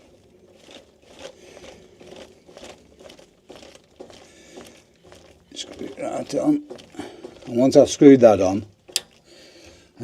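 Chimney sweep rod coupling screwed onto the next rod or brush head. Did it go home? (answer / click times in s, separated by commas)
yes / 9.0 s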